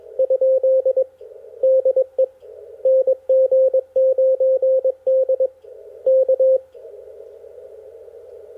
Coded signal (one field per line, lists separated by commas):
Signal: Morse code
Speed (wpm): 21 wpm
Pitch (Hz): 530 Hz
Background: radio noise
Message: ? DE NG9D K